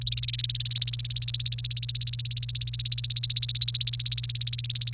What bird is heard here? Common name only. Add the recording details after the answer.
Domestic Canary. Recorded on 28 April 2018 at 11:05. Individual llb3